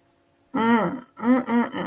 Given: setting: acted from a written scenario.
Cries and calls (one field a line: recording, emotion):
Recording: vocal sound without words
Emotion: desire